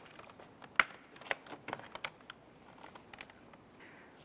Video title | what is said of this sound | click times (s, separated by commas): How to Replace Driver Side Door Lock Actuator And Latch 2006-2013 Chevrolet Impala | and then go ahead and get our cable popped back in | 0.8 s